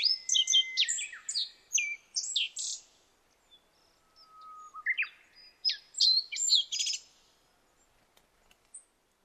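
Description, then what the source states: Black-faced bunting song, a fast run of high chirped notes, a short pause with a faint low whistle, then another bright twittering phrase. Recorded 26 July 2009 at 06:47.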